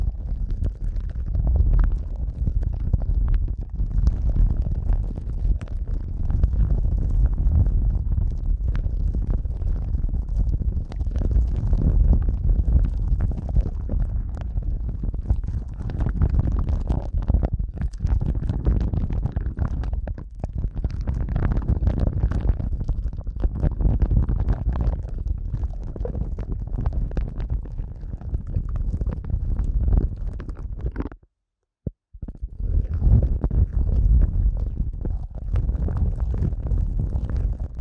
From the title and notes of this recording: ASMR Sensitive Eardrum Massage for People Who Can’t Tingle (No Talking).